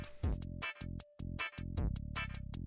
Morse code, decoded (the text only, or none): none